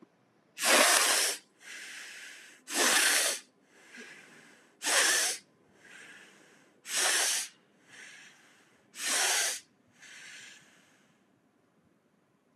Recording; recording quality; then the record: shallow breathing; excellent, no background noise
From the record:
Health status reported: healthy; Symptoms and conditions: none ticked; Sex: male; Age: 26 years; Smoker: not ticked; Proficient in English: yes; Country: India